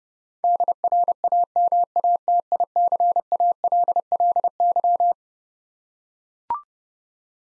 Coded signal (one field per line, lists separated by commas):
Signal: Morse code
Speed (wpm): 32 wpm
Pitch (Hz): 700 Hz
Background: none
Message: DRAMATICALLY